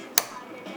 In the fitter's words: That's the lock.